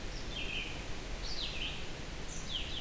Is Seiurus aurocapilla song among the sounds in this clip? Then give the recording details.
no. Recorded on 23 June 2016 at 07:51. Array SBT-6-76